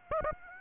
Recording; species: mosquito wingbeat signal from an infrared sensor; Aedes aegypti